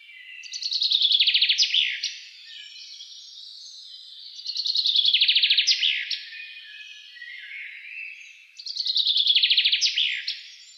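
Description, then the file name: Common chaffinch song: a bright, rattling trill that drops in pitch and ends in a sharp flourish, given three times about every four seconds. "Fringilla coelebs"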